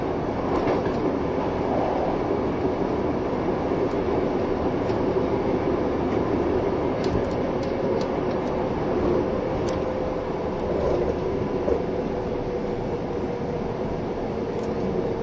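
A train runs steadily, its constant low rumble and roar filling the whole stretch with no real pause. Faint clicks and brief metallic ticks come through irregularly, especially around the middle, while a soft hum holds underneath throughout.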